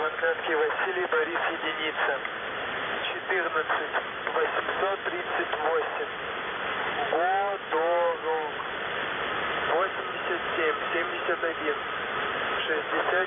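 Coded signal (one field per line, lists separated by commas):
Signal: coded military voice message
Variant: The Pip, Russian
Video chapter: 00:18 - ЙВБ1 14838 ГОДОРОГ 8771 6428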